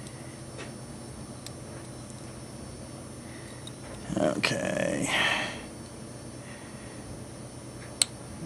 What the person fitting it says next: you can hear this thing pop